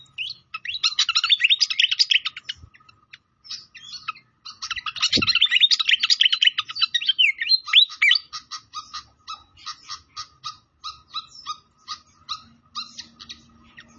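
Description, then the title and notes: Pied fantail song in two rapid chattering bursts, then a long evenly spaced series of sharp chips; a single low thud partway through. Masteran training recording of clear song, mixed with the sound of trickling water. "Masteran Sikatan Kipas Suara Jernih Dan Suara Gemericik Air. Suara Burung Sikatan Londo"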